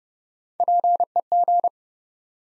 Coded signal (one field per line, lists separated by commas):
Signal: Morse code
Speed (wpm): 30 wpm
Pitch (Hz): 700 Hz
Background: none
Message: PEG